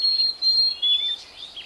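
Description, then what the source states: Black-capped Chickadee song: three clear, steady whistled notes, the first two on the same high pitch and the third a little lower, over faint hiss. Island population on tiny Tuckernuck Island, Massachusetts, near Martha's Vineyard, with a unique song of its own, attributed to isolation from mainland birds.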